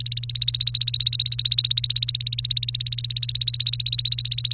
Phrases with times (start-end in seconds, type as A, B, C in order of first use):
0.00-4.53 A